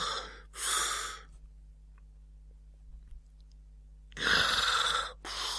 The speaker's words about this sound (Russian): Храпел он.